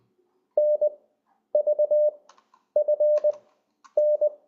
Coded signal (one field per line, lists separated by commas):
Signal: Morse code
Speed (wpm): 20 wpm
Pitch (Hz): 600 Hz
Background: none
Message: NVFN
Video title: LCWO demo